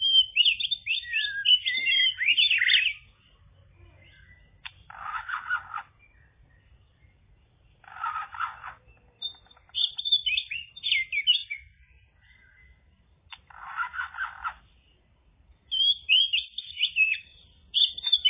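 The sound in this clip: Bird song: rapid twittering phrases alternating with harsh, rasping bursts, repeated in cycles every few seconds.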